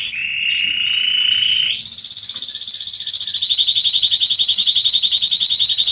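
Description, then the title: Belgian canary delivering a steady rolling trill that jumps abruptly to a higher pitch and then continues evenly, slightly lowering. Male Belgian canary singing a lot, to warm up and train young canaries. "Canary Training Esquente Seu Filhote E Canario Belga Macho Cantando Muito CANTO DO CANRIO"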